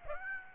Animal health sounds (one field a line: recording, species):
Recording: mosquito wingbeat signal from an infrared sensor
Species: Aedes aegypti